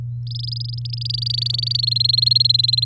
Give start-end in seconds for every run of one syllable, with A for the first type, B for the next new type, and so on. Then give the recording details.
0.27-1.81 A, 1.83-2.85 B. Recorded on 8 May 2018 at 08:16. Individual llb16